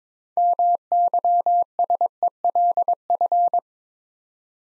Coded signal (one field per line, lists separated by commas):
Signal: Morse code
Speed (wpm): 22 wpm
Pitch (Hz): 700 Hz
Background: none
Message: MYSELF